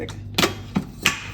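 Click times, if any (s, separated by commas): 1.1 s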